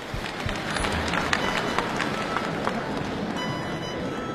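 Sustained audience applause, a dense wash of many hands clapping at steady loudness for several seconds with scattered sharper claps on top, and no voices standing out, at the opening ceremony of a pingju opera festival in Tangshan, welcoming veteran pingju performer Hua Shulan, founder of the Hua school.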